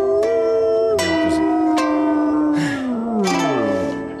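A wolf howls in one long, loud, sustained cry whose pitch holds steady and then slowly glides downward, with a few sharp clicks near the start.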